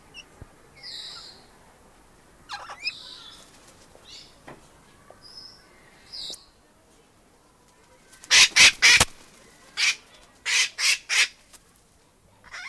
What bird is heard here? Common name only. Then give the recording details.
Greater Vasa Parrot. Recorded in captivity. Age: adult. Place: Tiergarten Wilhelma/Stuttgart, Baden-Württemberg, DE. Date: 2000-09-24 17:18. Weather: bedeckt, 15°C. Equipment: Nagra SN, Kopie Uher 4000 Report Monitor. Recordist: Tembrock, Günter. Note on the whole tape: Laute, diverse Lautformen, technische Probleme (Mikrofonkabel) bei Ansagen